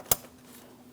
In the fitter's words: Audible click and it's secured.